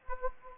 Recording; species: mosquito wingbeat signal from an infrared sensor; Anopheles gambiae